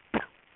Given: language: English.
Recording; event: throat vibration sensor signal played as sound; cough